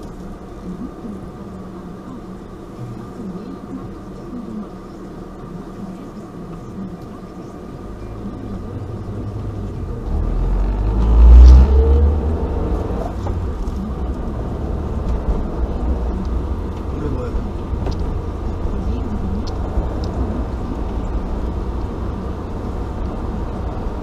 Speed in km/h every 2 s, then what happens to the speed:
4, 0, 0, 0, 0, 17, 26, 33, 38, 42, 44, 45.
2-9 standing. 9-24 pulls away to 45.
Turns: none.